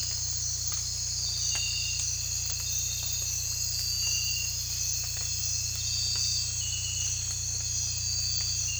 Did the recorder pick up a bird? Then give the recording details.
no. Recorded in dense forest near Puerto Asís, Putumayo, Colombia, on 16 December 2024 at 04:00. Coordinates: 0.467, -76.328. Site GP05